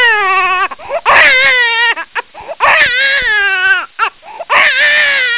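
An infant cries in loud, strained wails, about four bursts over five seconds separated by short gasping inhalations. The cry is high-pitched with a rising then falling melody, typical of an ordinary infant cry.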